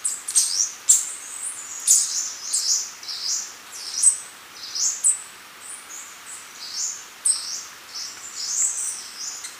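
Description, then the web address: Choco Warbler calling with many rapid, high, slurred chips and sweeps in a steady, chattering series throughout. Ecuador. "Birds of Ecuador. Choco Warbler"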